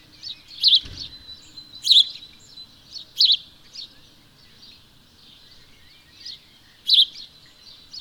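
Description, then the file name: House sparrow giving sharp chirps at an uneven pace, four loud ones with softer chirps in between and a brief low thump near the start. "Passer domesticus"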